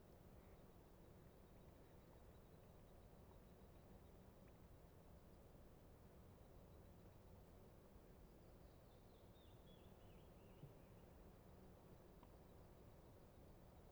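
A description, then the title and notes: A lake at dawn under a steady low rumble of wind or traffic, with a faint descending bird call around nine seconds. Little Pend Oreille National Wildlife Refuge, Bayley's Lake at dawn. The young eagles' parents circle about the canyon, considering feeding.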